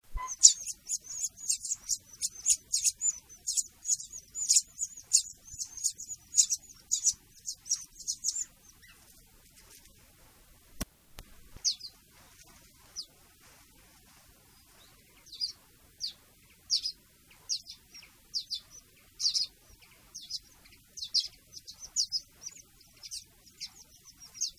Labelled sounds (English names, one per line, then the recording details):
Common Linnet begging call
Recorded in the wild
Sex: diverse
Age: juvenile
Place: Erlangen, Bayern, DE
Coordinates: 49.5731, 10.9828
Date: 1962-07-01
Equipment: Original, Vollspur
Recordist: Tretzel, Erwin